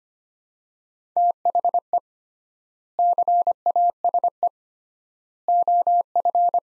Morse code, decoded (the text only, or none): THE CASE OF